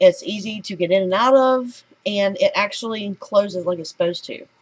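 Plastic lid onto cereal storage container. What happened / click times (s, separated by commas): Handled, not yet home: no seating click is heard / none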